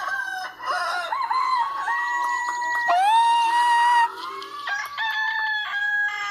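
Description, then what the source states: Rooster crowing: wavering opening notes, a strong sustained crow in the middle, then further crows toward the end. Played-back rooster crow sample among several different roosters; described as having a good tone.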